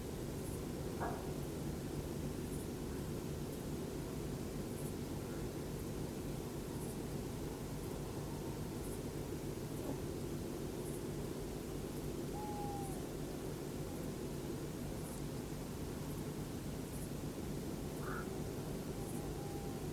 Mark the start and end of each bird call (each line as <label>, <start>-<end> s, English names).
Black-crowned Night-Heron, 18.00-18.25 s